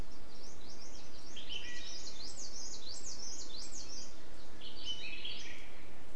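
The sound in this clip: Bird calls, a run of quick sharp chirps and zigzag notes in the middle, then a short burst near the end, over steady hiss.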